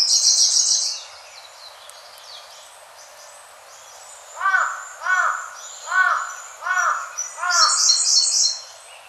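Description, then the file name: Siberian blue robin song: a loud high rattling trill at the start and again near the end, with a run of five hoarse crow caws in between. "koruri"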